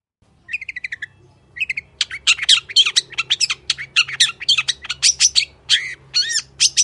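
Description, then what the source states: Long-tailed shrike song opening with a few whistled chirps, then a steady, rapid stream of harsh buzzy notes and arched whistles. Wild local long-tailed shrike singing in the morning with varied 'toet toet' notes; full song used as a master recording for training and provoking caged birds to sing.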